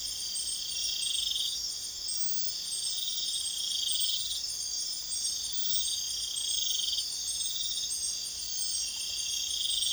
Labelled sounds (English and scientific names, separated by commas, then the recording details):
none
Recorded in pastures near Puerto Asís, Putumayo, Colombia, on 22 June 2025 at 01:30
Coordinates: 0.502, -76.324
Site G010